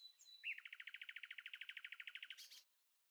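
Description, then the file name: Common nightingale song: a rapid, even series of about twenty chunky repeated notes in under two seconds, ending with a brief harsh flourish. "Rossignol-philomèle"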